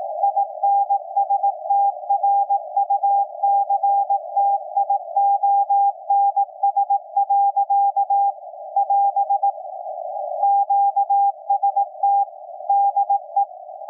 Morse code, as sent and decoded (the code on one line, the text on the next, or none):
.. -. ... - .-. ..- -.-. - .. --- -. ... .-.-.- / .-... / --.- ... - / -.. .
INSTRUCTIONS. <AS> QST DE